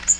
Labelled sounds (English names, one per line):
Magnolia Warbler flight call